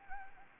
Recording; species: mosquito wingbeat signal from an infrared sensor; Anopheles arabiensis